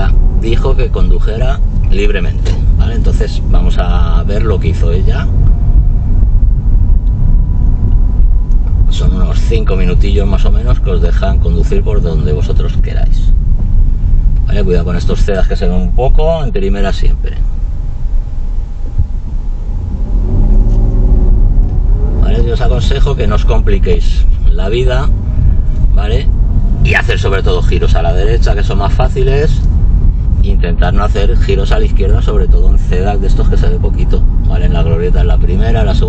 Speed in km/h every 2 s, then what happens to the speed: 15, 16, 22, 24, 25, 22, 17, 13, 9, 2, 7, 18, 20, 24, 25, 25, 26, 27.
0-5 speeds up to 24. 9-19 slows to 2. 19-26 pulls away to 24. 26-36 steady at about 25.